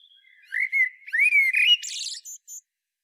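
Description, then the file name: Eurasian blackbird sings one phrase of sliding mellow whistles rising in pitch, finished by a burst of high, rasping twitters and two short squeaks. "Turdus merula"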